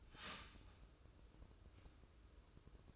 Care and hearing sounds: daily activity, microphone in the room; start toaster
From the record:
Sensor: 2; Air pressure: 995.2 hPa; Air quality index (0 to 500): 59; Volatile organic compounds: 2 ppm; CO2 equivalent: 983 ppm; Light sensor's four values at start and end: 17/54/21/20 and 17/54/21/20

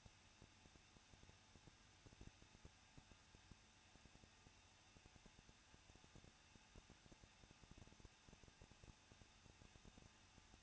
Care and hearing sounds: daily activity, microphone in the room; no activity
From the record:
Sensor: 2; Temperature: 21.0 degrees Celsius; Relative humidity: 37.5%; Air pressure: 1006.2 hPa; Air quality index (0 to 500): 223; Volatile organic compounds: 25 ppm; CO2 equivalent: 2826 ppm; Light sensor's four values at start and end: 2/3/2/2 and 2/3/2/2

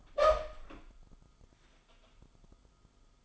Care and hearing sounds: daily activity, microphone in the room; open door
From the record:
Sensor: 5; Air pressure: 1004.9 hPa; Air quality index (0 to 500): 102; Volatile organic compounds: 2 ppm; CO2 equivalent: 1243 ppm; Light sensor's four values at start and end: 34/79/32/30 and 34/79/32/30

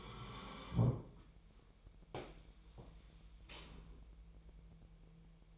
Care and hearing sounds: daily activity, microphone in the room; sit down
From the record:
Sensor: 1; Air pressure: 1002.0 hPa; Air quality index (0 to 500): 242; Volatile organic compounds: 105 ppm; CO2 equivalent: 3788 ppm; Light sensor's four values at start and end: 10/24/10/11 and 10/24/10/11

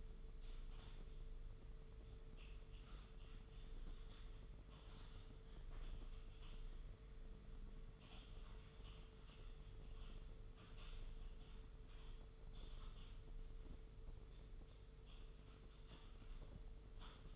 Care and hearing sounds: daily activity, microphone in the room; typing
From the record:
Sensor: 4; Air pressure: 995.3 hPa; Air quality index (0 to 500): 198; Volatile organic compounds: 141 ppm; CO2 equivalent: 3981 ppm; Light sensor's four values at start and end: 10/24/9/10 and 10/24/9/10

